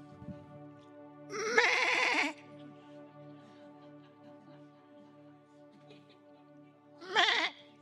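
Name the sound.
sheep bleating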